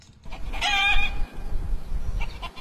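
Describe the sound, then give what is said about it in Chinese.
A hen's drawn-out, wavering cluck rises early on, followed by softer scattered calls from a distant farmhouse yard in Taopeng Village, Pinggu District, Beijing, heard from a mountain road, over a steady low outdoor rumble, with no one speaking. “走在陶棚村的山路上，可以听到远处农家院子里母鸡的叫声，四周群山环绕，植被茂密。”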